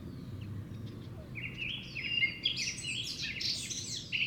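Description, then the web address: Eurasian blackcap song: a bright warbled phrase of high whistles rising out of a noisy background with low rumble. "SETE data Sylvia atricapilla"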